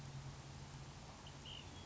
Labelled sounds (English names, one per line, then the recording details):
Ash-throated Flycatcher
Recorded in Sonoma County, California